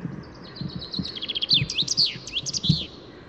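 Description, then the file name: Common chaffinch singing a run of bright notes ending in a flourish, with soft low thumps beneath. "Fringilla coelebs"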